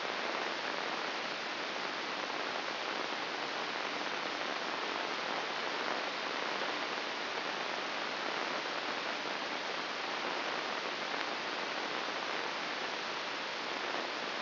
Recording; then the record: brain microelectrode recording played as sound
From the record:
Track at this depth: inside the subthalamic nucleus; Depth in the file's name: 1.606 mm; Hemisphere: right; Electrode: 2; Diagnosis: Parkinson's disease